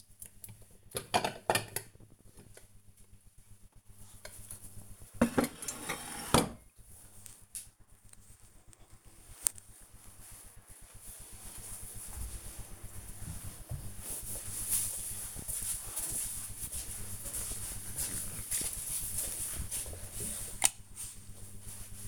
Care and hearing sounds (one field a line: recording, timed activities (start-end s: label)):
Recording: household activities, microphone on the right wrist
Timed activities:
0.00-8.06 s: putting away the dishes